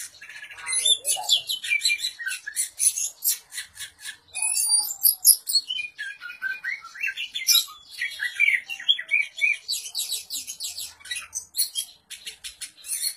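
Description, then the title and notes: Oriental magpie-robin song: loud, varied whistles and harsh chattering phrases, rich and fast, with sweeping notes and buzzy bursts following one another almost without pause. "suara kacer. kumpulan suara burung kacer"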